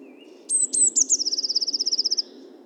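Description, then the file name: Eurasian blue tit song of a few sharp high opening notes and a quick, steady trill of many notes, over soft background rumble. "Cyanistes caeruleus 311018"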